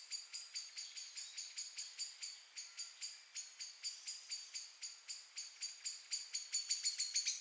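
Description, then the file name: Common blackbird calls: a steady stream of sharp, high clicking chinks, about three to four a second, speeding up and growing louder near the end. "Turdus merula"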